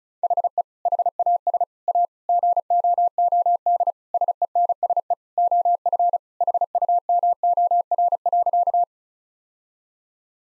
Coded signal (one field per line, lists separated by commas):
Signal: Morse code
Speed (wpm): 36 wpm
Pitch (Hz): 700 Hz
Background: none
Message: HE HAS A GOOD SENSE OF HUMOR.